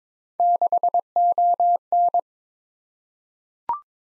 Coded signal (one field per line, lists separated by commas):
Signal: Morse code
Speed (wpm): 22 wpm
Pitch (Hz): 700 Hz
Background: none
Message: 6ON